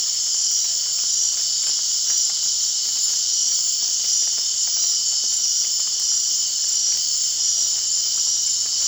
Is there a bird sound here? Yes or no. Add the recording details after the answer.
no. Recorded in dense forest near Puerto Asís, Putumayo, Colombia, on 24 March 2025 at 19:00. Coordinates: 0.499, -76.324. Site GP03